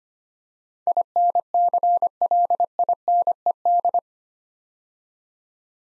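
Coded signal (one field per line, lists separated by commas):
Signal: Morse code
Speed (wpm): 25 wpm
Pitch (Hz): 700 Hz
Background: none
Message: INCLINED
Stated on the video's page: Morse code practice of 8-letter words at 25 wpm, a word-copying drill.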